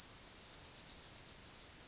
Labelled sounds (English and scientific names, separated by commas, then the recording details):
Yellowhammer (Emberiza citrinella) song
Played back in grassland
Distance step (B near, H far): B
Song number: 161